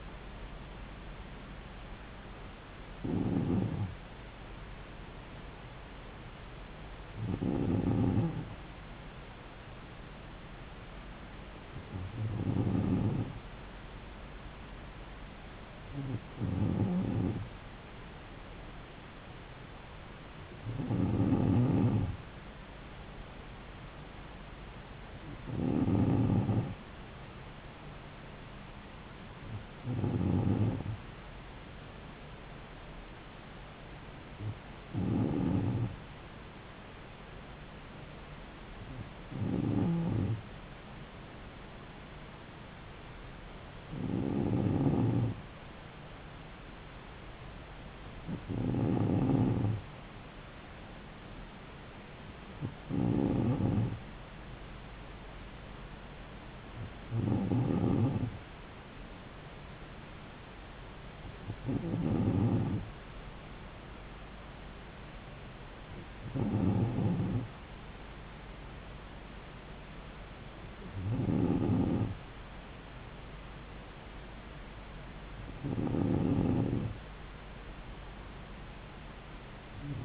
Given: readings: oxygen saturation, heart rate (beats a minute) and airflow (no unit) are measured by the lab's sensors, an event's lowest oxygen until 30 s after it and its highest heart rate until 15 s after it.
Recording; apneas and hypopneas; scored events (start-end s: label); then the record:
breathing in sleep by a voice recorder at the bedside; none
none scored
From the record:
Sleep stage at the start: N2 (light sleep); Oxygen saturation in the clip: 94%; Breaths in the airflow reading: 17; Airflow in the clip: -3.3 to 3.2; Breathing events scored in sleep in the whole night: 270 in 6.1 hours asleep